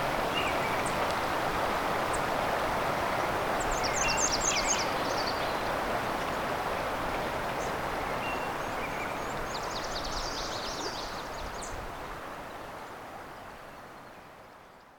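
Songbirds call over a steady, dense wash of noise that fills the whole clip. Quick high chirping trills stand out around four seconds and again near ten to eleven seconds, with fainter scattered notes between. The background hush fades toward the end.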